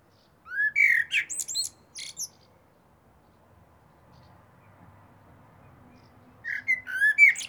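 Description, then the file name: Common blackbird with two song phrases of mellow whistles and thin, high squeaky twitters, the first beginning with a rising whistle, separated by a quiet gap of several seconds. "Turdus merula"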